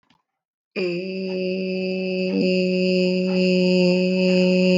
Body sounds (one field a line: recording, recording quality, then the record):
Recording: sustained vowel as in made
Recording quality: excellent, no background noise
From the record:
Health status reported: healthy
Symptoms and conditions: none ticked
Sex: female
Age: 36 years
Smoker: not ticked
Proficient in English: yes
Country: United States